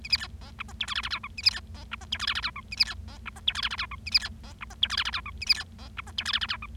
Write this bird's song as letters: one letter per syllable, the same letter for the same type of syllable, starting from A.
A B C D E F G H I I J K A B C D E F G H I I J K A B C D E F G H I I J K A B C D E F G H I I J K A B C D E F G H I I J K